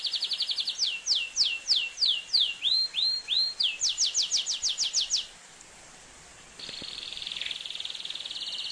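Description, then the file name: Atlantic canary song: fast trill, then slower downward sweeping whistles, rising curved notes and a quick burst of sweeps, a short silence, then a fresh buzzy trill. "canto do canario do reino"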